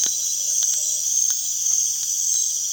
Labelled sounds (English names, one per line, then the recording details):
none
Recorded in dense forest near Puerto Asís, Putumayo, Colombia, on 25 June 2025 at 19:30
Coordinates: 0.466, -76.327
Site GP04